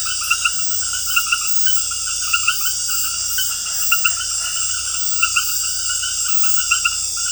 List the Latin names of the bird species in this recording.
none